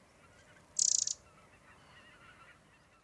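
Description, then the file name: Eurasian wren producing a single loud, fast, pulsed rattle lasting about a third of a second, then quiet with faint background birds. "Troglodytes troglodytes"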